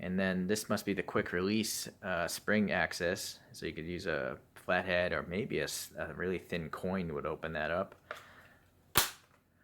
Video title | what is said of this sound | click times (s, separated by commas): Airsoft: Ares Amoeba AM-006 (M4-CCC-S) unboxing review: weights, testing speed and accuracy. | nice positive click you | 9.0 s